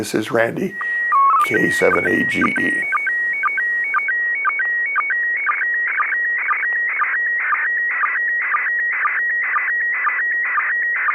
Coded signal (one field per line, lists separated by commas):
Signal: SSTV (slow-scan television)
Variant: PD 120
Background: speech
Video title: How to receive SSTV images from the ISS